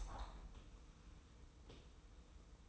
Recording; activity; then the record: daily activity, microphone in the room; open window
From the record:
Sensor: 1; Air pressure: 990.4 hPa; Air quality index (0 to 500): 170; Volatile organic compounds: 1000 ppm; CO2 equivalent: 6236 ppm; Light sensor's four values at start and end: 21/47/20/22 and 21/48/21/22